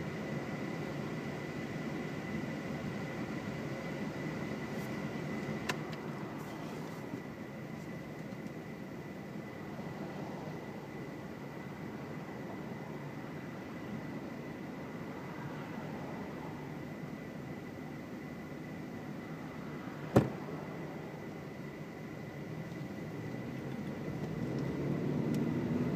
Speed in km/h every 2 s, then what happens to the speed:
0, 0, 0, 2, 3, 3, 0, 0, 0, 0, 0, 0, 26.
0-22 standing. 22-26 pulls away to 26.